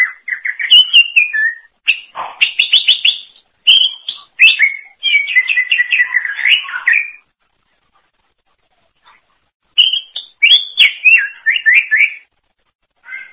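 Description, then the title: Greater green leafbird delivering loud, fast, varied warbling with slurred whistles and harsh chatter, pausing for a few seconds before another burst. "Cucak ijo"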